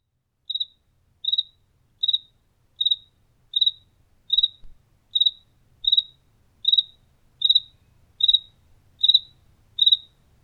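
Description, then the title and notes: Cricket repeating short high chirps at an even rate, around thirteen in a row, against near silence. Recorded indoors in a house kitchen in Tlaxcala, Mexico. "Grillo Tlaxcalteca. Grillo grabado por Hugo Diego Blanco en la cocina de su casa en Tlaxcala"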